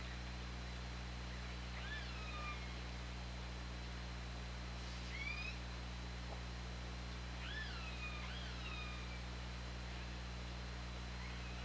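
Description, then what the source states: Killer whale calls in a few bouts of upswept then downward-bending tones with harmonics, separated by quiet hissy gaps, over a steady low hum. Picked up underwater by an OrcaLab hydrophone on 24 August 2017, at about 20:37.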